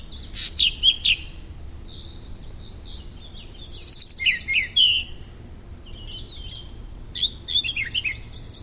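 Firethroat singing high, jumbled phrases of thin whistles, chips and slurred notes in bursts separated by short pauses.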